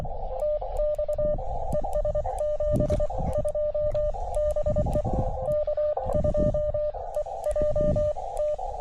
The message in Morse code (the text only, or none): TX ES 72 BE K2EJT